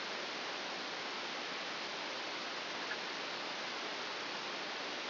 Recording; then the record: brain microelectrode recording played as sound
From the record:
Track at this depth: inside the subthalamic nucleus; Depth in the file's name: 1.205 mm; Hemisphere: right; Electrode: 2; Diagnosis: Parkinson's disease